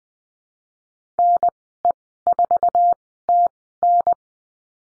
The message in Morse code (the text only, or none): NE4TN